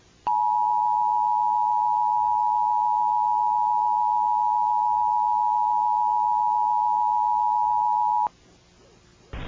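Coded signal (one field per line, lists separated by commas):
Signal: Emergency Alert System (SAME) tones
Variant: 853 and 960 Hz attention tone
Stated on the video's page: Fictional EAS scenario, a fabricated alert production with added voice acting.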